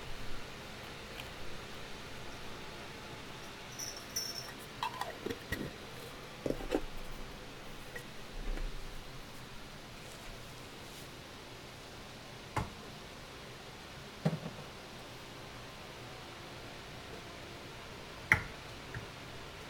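Candle dressing, shuffling and cutting sounds: a low, steady hiss runs underneath while soft rustles and handling noises come and go. Sharp little clicks and taps stand out around 5, 6.5, 12.5, 14 and 18 seconds, the last one the loudest.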